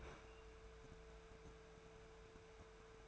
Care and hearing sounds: daily activity, microphone in the room; open fridge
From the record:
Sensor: 2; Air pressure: 1014.8 hPa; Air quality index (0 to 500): 194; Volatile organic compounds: 17 ppm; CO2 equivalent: 2564 ppm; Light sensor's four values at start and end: 9/23/9/10 and 9/23/9/10

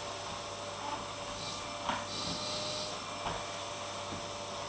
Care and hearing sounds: daily activity, microphone in the room; vacuum cleaning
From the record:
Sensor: 1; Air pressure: 1007.7 hPa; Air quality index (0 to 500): 78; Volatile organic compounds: 1 ppm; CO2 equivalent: 677 ppm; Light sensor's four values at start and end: 9/21/9/9 and 9/21/9/9

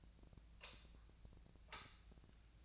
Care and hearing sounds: daily activity, microphone in the room; light off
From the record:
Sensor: 2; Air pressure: 1009.7 hPa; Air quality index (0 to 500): 182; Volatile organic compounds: 11 ppm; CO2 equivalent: 2276 ppm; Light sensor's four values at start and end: 32/85/36/38 and 27/66/29/32

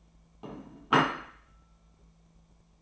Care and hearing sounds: daily activity, microphone in the room; place plate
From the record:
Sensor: 1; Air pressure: 1000.3 hPa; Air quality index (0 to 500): 144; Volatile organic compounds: 3 ppm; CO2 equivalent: 1353 ppm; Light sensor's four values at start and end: 30/74/31/38 and 30/74/31/38

